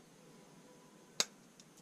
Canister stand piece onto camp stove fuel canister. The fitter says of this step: right there he'll hear it click and then you have to kind of slide these around and that last one turns